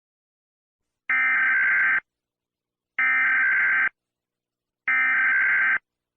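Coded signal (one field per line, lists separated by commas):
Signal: Emergency Alert System (SAME) tones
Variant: header bursts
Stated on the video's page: Fictional EAS scenario in Spanish, not a real alert.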